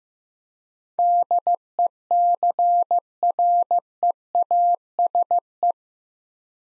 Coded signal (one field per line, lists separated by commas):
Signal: Morse code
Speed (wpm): 15 wpm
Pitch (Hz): 700 Hz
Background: none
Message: DECREASE